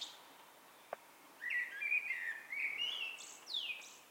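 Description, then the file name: Eurasian blackbird singing one mellow, fluted warbling phrase that ends in high, squeaky twittering notes; a single faint click before it, otherwise quiet. "Turdus merula"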